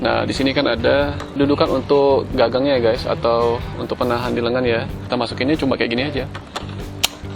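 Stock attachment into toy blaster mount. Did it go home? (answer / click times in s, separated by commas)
yes / 7.0 s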